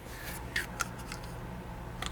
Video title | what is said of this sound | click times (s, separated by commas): Winchester Wildcat a Semi-Auto .22 rifle that field strips with NO TOOLS! | It just snaps right into place. | 2.1 s